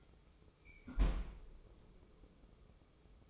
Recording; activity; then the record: daily activity, microphone in the room; close fridge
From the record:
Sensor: 1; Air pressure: 995.3 hPa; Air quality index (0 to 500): 25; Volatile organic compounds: 0 ppm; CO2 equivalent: 500 ppm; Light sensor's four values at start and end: 18/60/22/24 and 18/60/22/24